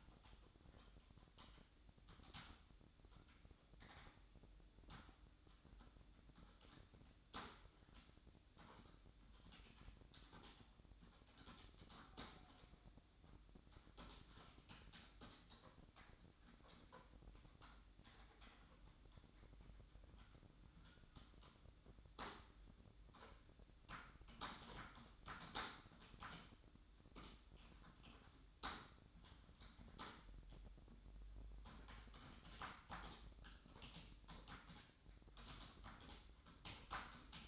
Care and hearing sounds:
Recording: daily activity, microphone in the room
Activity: typing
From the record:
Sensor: 3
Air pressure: 1007.6 hPa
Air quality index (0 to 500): 60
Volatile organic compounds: 1 ppm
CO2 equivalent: 611 ppm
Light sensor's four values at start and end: 12/27/11/12 and 11/26/11/11

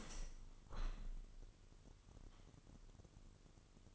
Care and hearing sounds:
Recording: daily activity, microphone in the room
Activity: open window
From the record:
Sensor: 4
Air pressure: 998.8 hPa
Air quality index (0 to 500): 112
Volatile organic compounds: 2 ppm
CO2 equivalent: 1094 ppm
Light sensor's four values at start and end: 10/24/9/10 and 10/24/9/10

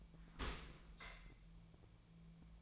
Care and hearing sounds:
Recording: daily activity, microphone in the room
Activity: open dishwasher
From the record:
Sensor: 1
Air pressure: 1000.5 hPa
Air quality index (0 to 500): 181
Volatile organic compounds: 4 ppm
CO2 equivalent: 1668 ppm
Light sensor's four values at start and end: 13/31/13/15 and 13/31/13/15

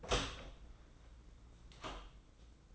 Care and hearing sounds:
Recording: daily activity, microphone in the room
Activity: open door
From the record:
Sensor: 3

